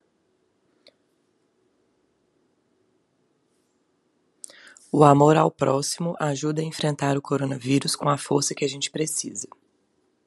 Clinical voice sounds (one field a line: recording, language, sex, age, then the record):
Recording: spoken sentence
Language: Brazilian Portuguese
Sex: female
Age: 30 to 39 years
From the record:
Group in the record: control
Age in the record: 32 years